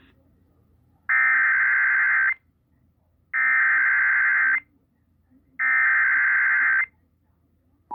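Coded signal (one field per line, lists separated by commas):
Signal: Emergency Alert System (SAME) tones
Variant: header bursts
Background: speech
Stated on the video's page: Severe thunderstorm warning EAS tones from an AM station, received via an FM HD2 subchannel, during a North Texas severe weather outbreak.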